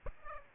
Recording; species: mosquito wingbeat signal from an infrared sensor; Aedes aegypti